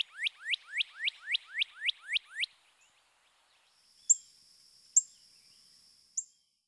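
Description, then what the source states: Northern Cardinal song: nine quick upslurred notes repeated about four per second, followed by quiet with a faint steady high tone and a few sharp clicks. Eastern-Central region.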